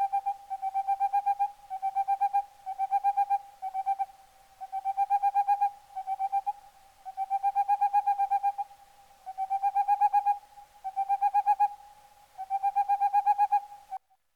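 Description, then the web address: Boreal owl song: rapid bursts of even hoots at a steady pitch, repeated with short pauses throughout. "CIvetta capogrosso"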